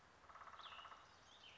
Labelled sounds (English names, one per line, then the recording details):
Cassin's Vireo
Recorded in Sonoma County, California